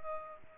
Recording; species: mosquito wingbeat signal from an infrared sensor; Culex pipiens